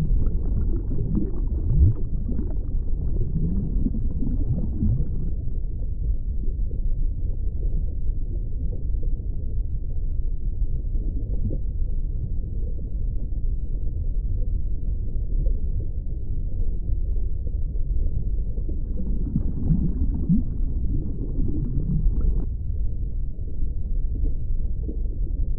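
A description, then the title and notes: Muffled underwater ambience with soft bubbling and sloshing water, low and dull with almost nothing bright. The rumbling wash stays steady throughout, with small bursts of bubbles clustering near the start and again around twenty seconds. Underwater Ambience. Underwater Bubbles. The soft sounds of bubbles and sloshing water.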